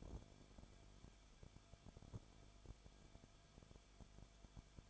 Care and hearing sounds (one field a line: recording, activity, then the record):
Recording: daily activity, microphone in the room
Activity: no activity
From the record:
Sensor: 5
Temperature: 20.3 degrees Celsius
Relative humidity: 39.8%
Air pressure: 1010.8 hPa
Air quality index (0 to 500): 165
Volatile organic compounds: 15 ppm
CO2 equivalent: 2501 ppm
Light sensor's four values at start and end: 2/3/1/1 and 2/3/1/1